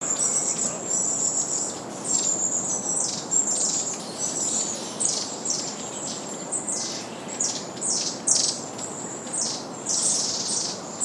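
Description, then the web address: Long-tailed tit calls: thin, very high notes and sharp downslurred buzzy bursts, given in irregular quick runs throughout, with brief lower chips at times. "izumino saunndo enaga"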